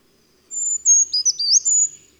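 Bird song: one bright high-pitched phrase of sharp whistled notes and rapid slurred jumps, lasting about a second and a half, in otherwise quiet surroundings.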